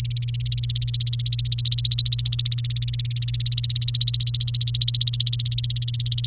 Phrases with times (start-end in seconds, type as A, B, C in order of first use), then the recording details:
0.00-6.26 A. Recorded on 29 April 2018 at 15:32. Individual llb3